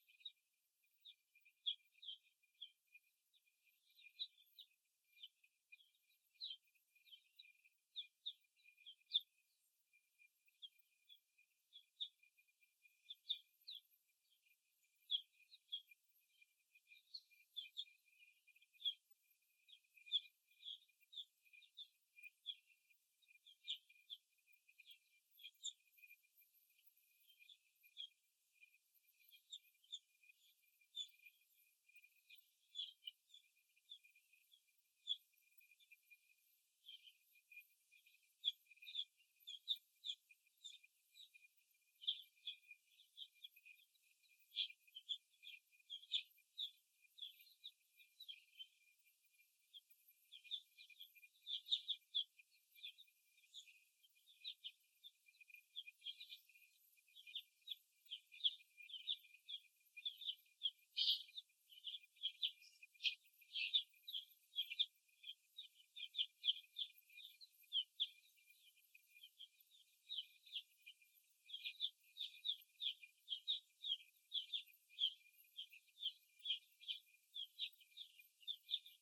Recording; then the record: young laying hens in a cage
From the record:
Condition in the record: after the stressor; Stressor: simulated dog barking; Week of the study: 1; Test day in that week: 2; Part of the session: 3